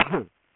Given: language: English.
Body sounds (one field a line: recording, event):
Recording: throat vibration sensor signal played as sound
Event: cough